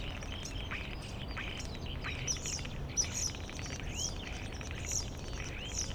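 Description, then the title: Common starling song, a busy jumble of high whistles, clicks and chirps with short rising and falling notes, over steady low background noise. Starlings settled outside a window in rural Poland, mimicking other birds rather than car alarms; no pond nearby; recorded with Zoom F4 and AT BP4025. "Goworów 6, 57-515, Poland - Starlings mimicking other species"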